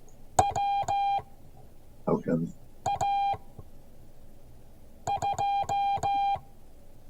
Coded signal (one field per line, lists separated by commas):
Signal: Morse code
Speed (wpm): 15 wpm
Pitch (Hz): 800 Hz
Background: speech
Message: WA2